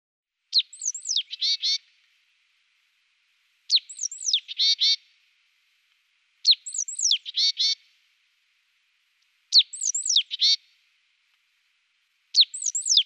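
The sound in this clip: Great tit song: a short phrase of a high sliding whistle followed by several quick ringing notes, repeated about every three seconds with silence between.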